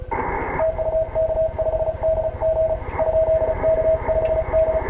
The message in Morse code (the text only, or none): TU K5D G ? K5D